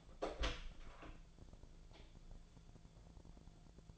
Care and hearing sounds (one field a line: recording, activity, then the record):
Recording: daily activity, microphone in the room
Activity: open door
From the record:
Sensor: 5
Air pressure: 1000.6 hPa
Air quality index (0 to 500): 152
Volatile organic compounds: 2 ppm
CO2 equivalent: 1166 ppm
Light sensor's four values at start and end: 47/111/46/49 and 47/111/46/49